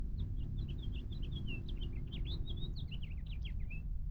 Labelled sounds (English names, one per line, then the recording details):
House Finch song
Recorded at Lawrence on Long Island, New York, on 4 June 1975
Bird D